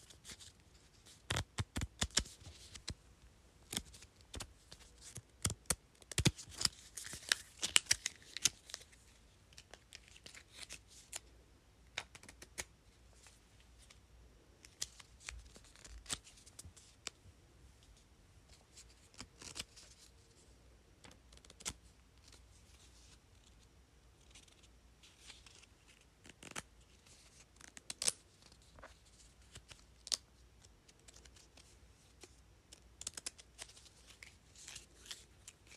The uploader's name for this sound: Flipping and tapping sticky notes